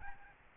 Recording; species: mosquito wingbeat signal from an infrared sensor; Aedes albopictus